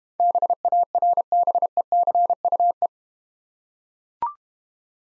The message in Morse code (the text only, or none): BARBECUE